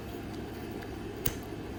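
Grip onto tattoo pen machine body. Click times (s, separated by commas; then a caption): 1.3 s. A grip is pushed back onto the body of a Mast Lancer pen tattoo machine and snaps into place with one short, sharp click at 1.3 s, over a steady low background hum. The grip is seated on the pen.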